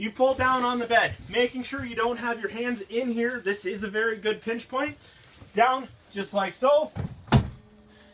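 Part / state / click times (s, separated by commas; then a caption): pull-out bed end latching into the trailer bed frame / seated / 7.3 s. On a 2020 Rockwood 2507S tent trailer, the pull-out bed end is pulled down after its two clips are released while someone talks. It latches into the trailer bed frame support with a single sharp click at 7.3 s, and the bed end is seated.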